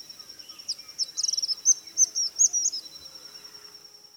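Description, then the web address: White-throated kingbird giving a stuttering run of high, thin twittered notes, some in rapid clusters, then stopping, with a steady high-pitched hum underneath. Recorded in the eastern lowlands of South America. "Natures Songs S America Eastern Lowlands. White-throated Kingbird"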